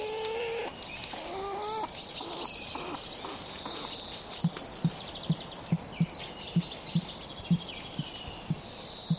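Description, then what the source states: Weka giving a deep call: a series of low, regular pulses about every half second, with faint higher bird calls in the background. Male weka with a territory of about half a hectare, calling his female to pass on meat he accepted; males keen to re-nest feed their females; retired farm, south side of Pelorus Inlet, Marlborough Sounds.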